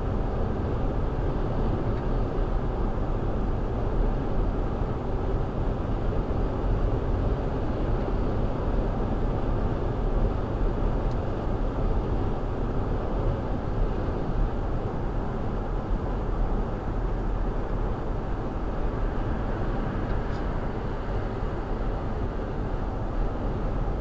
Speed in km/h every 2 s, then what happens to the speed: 116, 116, 116, 118, 121, 118, 116, 113, 111, 109, 111, 111.
0-9 steady at about 116. 9-17 slows to 109. 17-24 steady at about 111.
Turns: none.